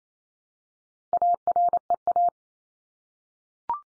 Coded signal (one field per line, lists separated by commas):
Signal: Morse code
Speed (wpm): 28 wpm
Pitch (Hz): 700 Hz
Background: none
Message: AREA